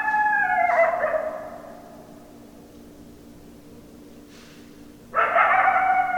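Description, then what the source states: Coyote howling: a harmonic call that falls in pitch and fades, a long pause, then a second strong call starts near the end. Several coyotes; 10 December 2012.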